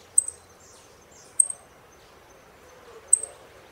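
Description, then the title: Saffron finch producing three short, high, sharp notes over a few seconds against a quiet hiss. "Jilguero Argentino"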